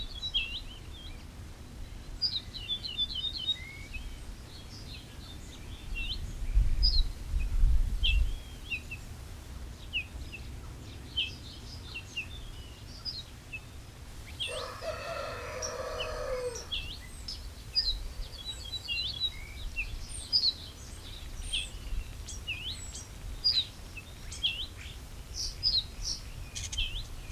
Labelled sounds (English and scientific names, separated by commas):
Ortolan Bunting (Emberiza hortulana)